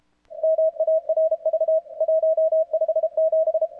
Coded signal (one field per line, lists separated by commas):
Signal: Morse code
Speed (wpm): 32 wpm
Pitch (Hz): 660 Hz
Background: none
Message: MARV 157